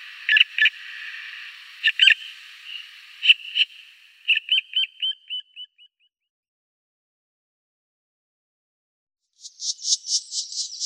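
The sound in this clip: Black woodpecker calling with ringing notes, ending in a fading run of sharp notes; after a silent gap, a higher, rapid pulsing sound follows.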